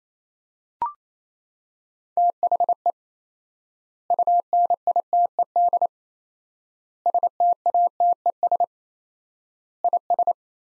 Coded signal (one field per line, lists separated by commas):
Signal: Morse code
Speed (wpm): 27 wpm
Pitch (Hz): 700 Hz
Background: none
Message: THE UNITED STATES IS